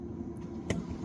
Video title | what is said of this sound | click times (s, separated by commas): 2010 C6 Grand Sport MGW short shifter install | so comes up it does lock into place so you kind of got to pop this out | 0.7 s